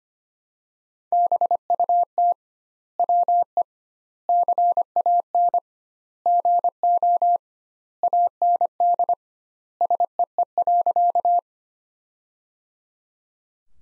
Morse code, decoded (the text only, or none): BUT WE CAN GO AND SEE.